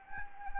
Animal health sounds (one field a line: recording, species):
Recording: mosquito wingbeat signal from an infrared sensor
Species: Anopheles gambiae